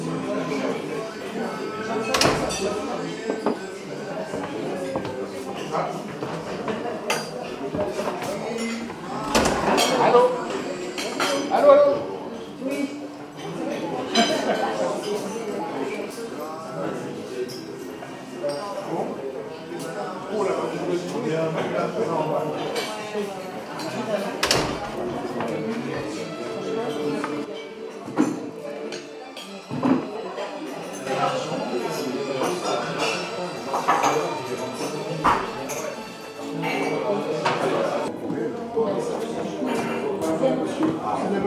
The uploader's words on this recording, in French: Ambiance bistrot chez Raoul - Nîmes. Une véritable ambiance de bistrot, dans le sens petit restaurant gastronomique.